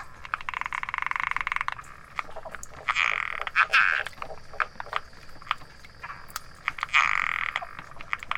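Latouche's frog croaks: rapid pulsed trains and rough grating notes repeated a few seconds apart, with a thin high drone behind in the second half.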